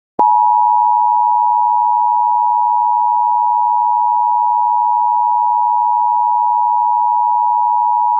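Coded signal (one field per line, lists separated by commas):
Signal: Emergency Alert System (SAME) tones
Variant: 853 and 960 Hz attention tone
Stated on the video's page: Simulated child abduction emergency alert for Kemp, Texas; a remade mock, not a real broadcast.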